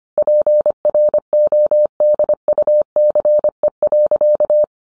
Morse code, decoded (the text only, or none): PRODUCE.